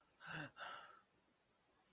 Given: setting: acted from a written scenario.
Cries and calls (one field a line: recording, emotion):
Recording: vocal sound without words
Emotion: distress